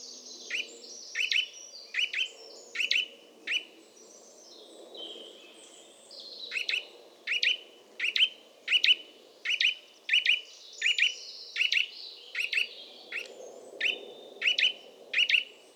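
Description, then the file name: Eurasian nuthatch calling in two runs of short, clipped piping notes separated by a pause of a few seconds, with soft low background noise. "Sitta europaea"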